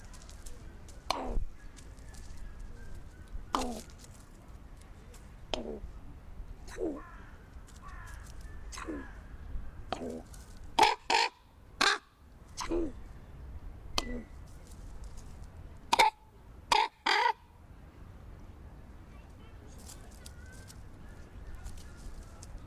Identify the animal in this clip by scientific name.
Corvus corax